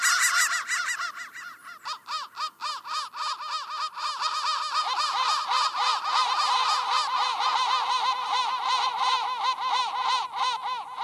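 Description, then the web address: Crow calls, a dense flock chorus of short harsh arched notes overlapping rapidly, with a few separate caws standing out during the first seconds before the chorus thickens. "soundfactory crow 1"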